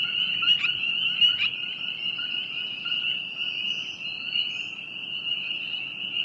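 High, even frog chorus, with a couple of sharp clicks early on and faint higher chirps later.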